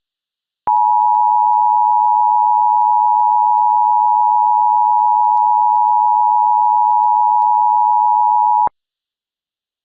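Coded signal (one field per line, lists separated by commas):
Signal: Emergency Alert System (SAME) tones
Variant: 853 and 960 Hz attention tone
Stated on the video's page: Fictional EAS scenario about a winter storm.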